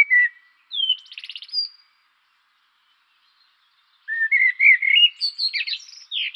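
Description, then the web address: Common blackbird singing a short fluted phrase with a buzzy high flourish, a silent gap, then a richer warbling phrase closing in thin chattering notes. "birdify. turdus merula"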